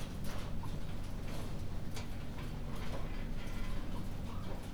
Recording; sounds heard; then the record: poultry house recording; healthy chickens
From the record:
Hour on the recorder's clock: 21